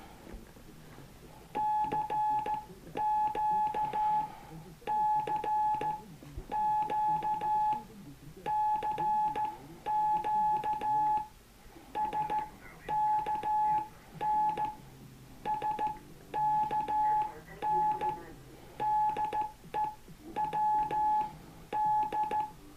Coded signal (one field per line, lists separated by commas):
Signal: Morse code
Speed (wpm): 14 wpm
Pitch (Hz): 850 Hz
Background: none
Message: CQ CQ CQ SKN SKN DE WD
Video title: Straight Key Night 2013 UTC In The Ham Radio Shack